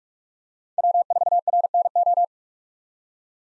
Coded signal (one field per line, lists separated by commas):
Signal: Morse code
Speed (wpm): 46 wpm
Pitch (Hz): 700 Hz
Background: none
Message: W4RNO